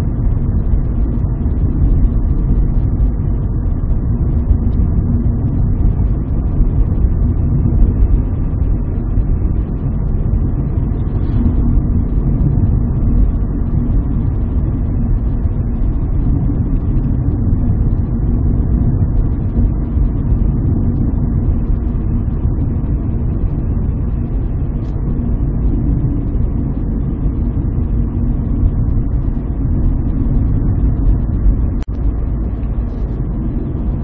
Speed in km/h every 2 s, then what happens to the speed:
65, 65, 65, 65, 65, 65, 63, 64, 64, 65, 65, 62, 61, 60, 62, 60, 61.
0-34 steady at about 64.